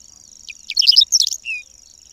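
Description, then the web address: Whinchat phrase: a quick cluster of crackling chirps followed by a short whistle, set against a steady pulsing high tone. "agykontroll Madardalok Cd 3. Rozsdás csuk"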